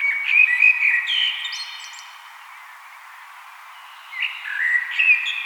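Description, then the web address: Common blackbird song, with a fluty whistled phrase and high chittering end, silence, then another mellow phrase starting. "vogelstimmen amsel gesang nabu lars lachmann"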